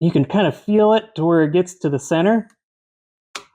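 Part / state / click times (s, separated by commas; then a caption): spark plug cap onto spark plug terminal / seated / 3.4 s. A rubber spark plug boot (cap) is pushed onto the spark plug terminal of a small trail bike engine while someone talks about feeling it reach the center. After a moment of silence, a sharp snap at 3.4 s marks the cap seating onto the end of the plug.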